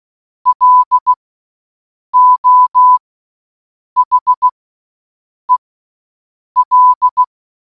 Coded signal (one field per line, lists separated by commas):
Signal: Morse code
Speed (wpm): 16 wpm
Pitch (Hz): 1000 Hz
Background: none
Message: LO HEL